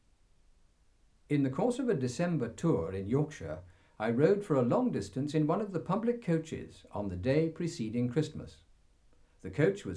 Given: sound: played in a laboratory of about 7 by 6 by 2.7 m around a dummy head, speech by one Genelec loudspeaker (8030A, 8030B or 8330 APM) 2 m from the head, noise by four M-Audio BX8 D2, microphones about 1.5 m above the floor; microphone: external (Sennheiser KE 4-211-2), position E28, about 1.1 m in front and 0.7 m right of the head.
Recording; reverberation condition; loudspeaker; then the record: male speech in English; low; 60 degrees to the right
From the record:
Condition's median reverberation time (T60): about 310 ms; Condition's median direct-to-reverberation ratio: about 3.5 dB